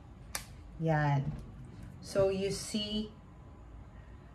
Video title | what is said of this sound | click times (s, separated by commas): Samsung Galaxy Fold Spigen Cases Comparison | in this part just snap it on yeah | 0.4 s